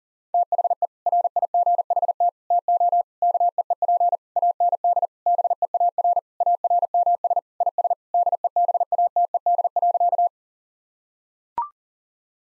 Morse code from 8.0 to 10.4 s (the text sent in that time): DEBATED.